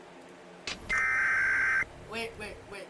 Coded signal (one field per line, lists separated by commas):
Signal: Emergency Alert System (SAME) tones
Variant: header bursts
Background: speech